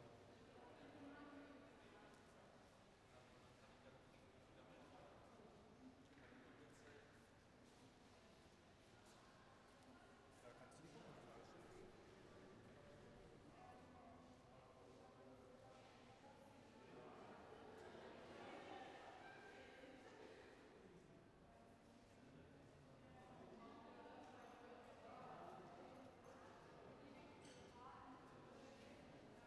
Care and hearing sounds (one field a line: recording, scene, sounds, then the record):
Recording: everyday scene through a hearing-aid microphone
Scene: reverberant space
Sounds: background noise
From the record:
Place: railway station hall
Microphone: behind the ear, right, front